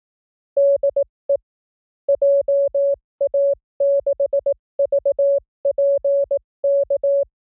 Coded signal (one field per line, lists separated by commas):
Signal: Morse code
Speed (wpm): 18 wpm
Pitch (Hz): 530 Hz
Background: none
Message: DE JA6VPK